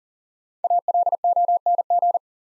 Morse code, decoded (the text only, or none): ALONG